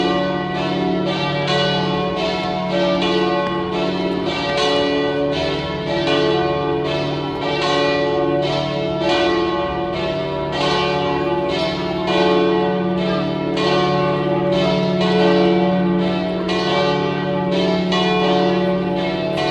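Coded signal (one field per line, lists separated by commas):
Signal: bell signal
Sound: several church bells swinging in a continuous overlapping peal, strikes about every half second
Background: outdoor ambience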